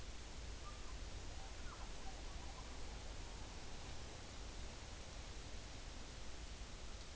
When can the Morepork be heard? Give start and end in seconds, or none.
none